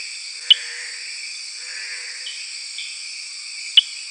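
Eleutherodactylus inguinalis frog calling with two crisp clicks, one near the start and one near the end, over a constant insect drone.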